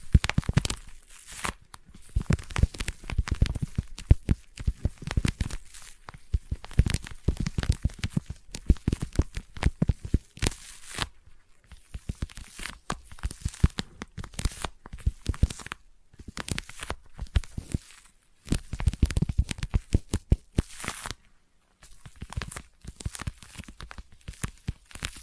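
Sticky tapping and peeling triggers with no talking: dense bursts of quick, crackly taps and tacky tearing sounds, irregular and sharp, some with a low thump. The activity runs almost continuously, with brief silent gaps around 16, 18 and 21 seconds.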